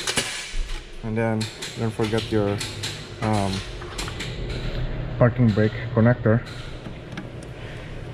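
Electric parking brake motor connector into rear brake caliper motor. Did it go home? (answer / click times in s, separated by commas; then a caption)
yes / 7.2 s. On a 2020 Hyundai Tucson during a rear brake replacement, the electric parking brake connector is plugged back into the rear brake caliper motor. Someone talks over faint mechanical handling noises, with brief knocks near 4.0 and 4.2 seconds. A short, sharp click at 7.2 seconds marks the connector seating, and it is confirmed good.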